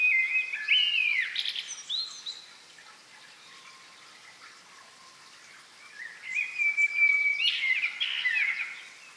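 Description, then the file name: Common blackbird song: a fluty whistled phrase, a pause, then a second warbled phrase. "Turdus merula"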